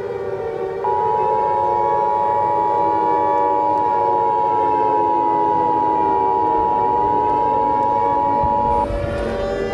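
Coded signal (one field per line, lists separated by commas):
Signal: Emergency Alert System (SAME) tones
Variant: 853 and 960 Hz attention tone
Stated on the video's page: Fictional EAS scenario, not a real alert.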